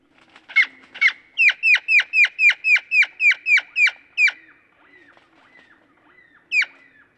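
Great-tailed grackle calls: a quick series of loud sharp hooked notes about four per second, fading to soft notes, then one final loud note.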